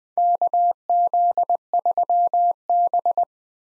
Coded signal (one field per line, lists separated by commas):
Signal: Morse code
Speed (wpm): 20 wpm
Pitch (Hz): 700 Hz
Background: none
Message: KZ3B